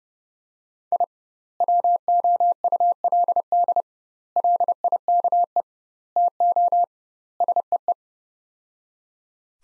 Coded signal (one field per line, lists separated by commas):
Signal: Morse code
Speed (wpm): 30 wpm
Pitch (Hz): 700 Hz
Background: none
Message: I WOULD LIKE TO SEE